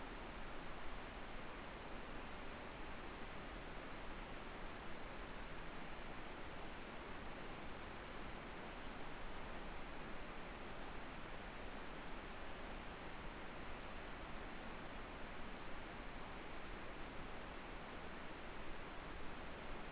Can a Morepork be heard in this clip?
no